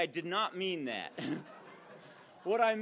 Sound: laughter